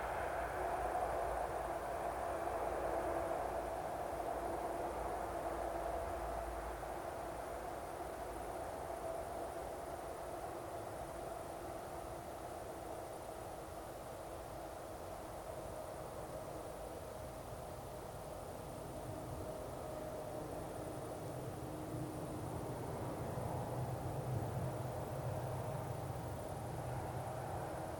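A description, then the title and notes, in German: An evening meadow with a light wind, a distant road carrying a continuous low hum of traffic. The rushing wash stays steady and dense throughout, with a faint high hiss on top. Around the twentieth second a deeper rumble swells as a vehicle passes. Wiese am Abend, leichter Wind, Straße in der Ferne.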